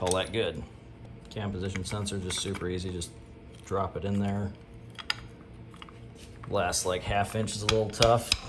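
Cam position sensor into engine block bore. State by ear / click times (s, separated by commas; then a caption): not seated / none. A camshaft position sensor with an O-ring is pushed by hand into its bore in the engine block while someone talks. Sharp metallic clinks and light taps sound around 5.0–5.9 seconds and near the very end. The last stretch of travel is stiff, and nothing has seated or clicked into place yet.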